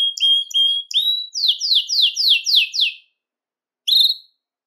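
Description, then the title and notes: Belgian canary song: three short whistled slides, a run of six loud falling sweeps, then one final note after a pause. "Canario Belga, nyonyastudio"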